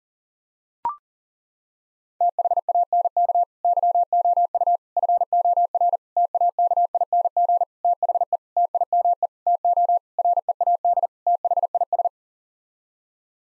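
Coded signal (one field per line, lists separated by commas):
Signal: Morse code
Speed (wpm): 40 wpm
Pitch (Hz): 700 Hz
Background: none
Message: THANK YOU FOR TAKING THE TIME TO READ THIS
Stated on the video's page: Head-copy drill of nine-word common word groups sent at 40 wpm, each set sent twice.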